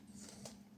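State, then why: Not seated. A plastic timing chain guide (slider) is handled and pressed toward its mount on the engine block of a turbo M54B30 engine for an E46 Coupe. Soft rustling and scraping handling noise plays over a steady low hum, with a brief brighter scrape around 0.5 s. Nothing has seated or clicked yet.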